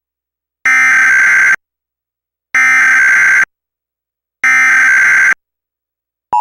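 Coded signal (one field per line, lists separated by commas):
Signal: Emergency Alert System (SAME) tones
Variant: header bursts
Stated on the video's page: National Periodic Test carried on Optimum/Suddenlink cable in Parkersburg, West Virginia.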